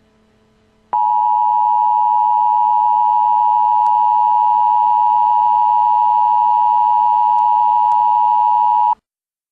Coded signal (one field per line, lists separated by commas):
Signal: Emergency Alert System (SAME) tones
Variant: 853 and 960 Hz attention tone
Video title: Montréal Emergency Alert System (English)